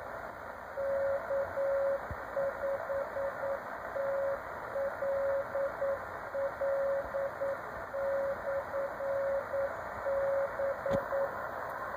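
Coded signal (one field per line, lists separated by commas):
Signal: Morse code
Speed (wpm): 9 wpm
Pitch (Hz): 550 Hz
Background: radio noise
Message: K5TLL/B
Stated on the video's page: Beacon transmitting from Mississippi, received in Washington state, 1,973 miles away.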